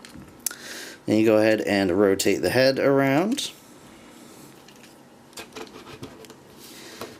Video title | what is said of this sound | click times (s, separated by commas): Transformers Masterpiece MP-53 SKIDS | and then just push it in and that'll lock into place | 0.5 s